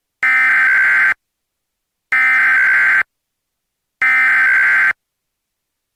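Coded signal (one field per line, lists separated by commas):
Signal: Emergency Alert System (SAME) tones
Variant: header bursts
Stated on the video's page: Simulated EAS tones in a fictional "Lost in Silence" style emergency alert scenario.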